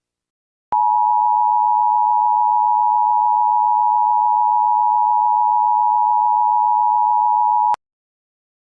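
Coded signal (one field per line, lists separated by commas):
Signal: Emergency Alert System (SAME) tones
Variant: 853 and 960 Hz attention tone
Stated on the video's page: Flash flood warning in Missouri, alert sounds combined with actual warning audio in a scroll recreation.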